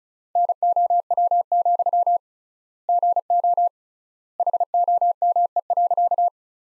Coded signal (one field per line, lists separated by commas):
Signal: Morse code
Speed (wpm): 34 wpm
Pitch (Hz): 700 Hz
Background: none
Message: NOW, GO HOME.